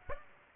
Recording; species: mosquito wingbeat signal from an infrared sensor; Aedes aegypti